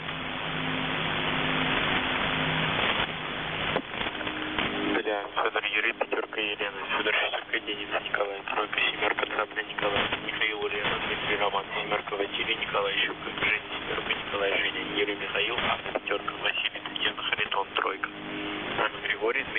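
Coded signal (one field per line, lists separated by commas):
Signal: coded military voice message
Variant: The Pip, Russian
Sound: static hiss, then a voice reading Russian words through noisy shortwave audio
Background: radio static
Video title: The Pip | 21st August 2023 | "Dlya" Voice Message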